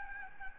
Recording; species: mosquito wingbeat signal from an infrared sensor; Anopheles gambiae